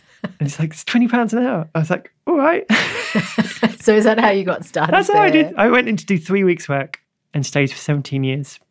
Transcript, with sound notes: And he's like, “It's 20 pounds an hour.” I was like “Alright!”
(Laughs) So is that how you got started?
That’s how I did- I went in to do three weeks work and stayed for 17 years.